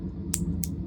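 A push-button automatic folding knife is fired open and its metal blade snaps into its open lock. Two sharp clicks are heard at 0.3 s and 0.6 s over a steady low hum, and the blade is locked open.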